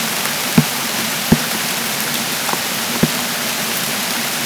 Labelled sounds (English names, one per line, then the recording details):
none
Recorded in dense forest near Puerto Asís, Putumayo, Colombia, on 29 June 2025 at 13:00
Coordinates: 0.484, -76.325
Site H65